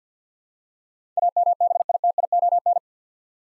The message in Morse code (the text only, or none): AMBITION